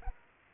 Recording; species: mosquito wingbeat signal from an infrared sensor; Aedes aegypti